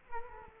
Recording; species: mosquito wingbeat signal from an infrared sensor; Culex quinquefasciatus